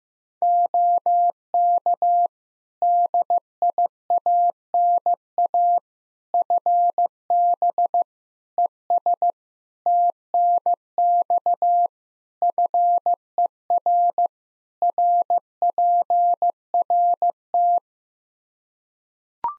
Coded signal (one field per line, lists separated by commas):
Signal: Morse code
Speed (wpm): 15 wpm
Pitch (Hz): 700 Hz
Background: none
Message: OK DIANA FB ES TNX FER RPRT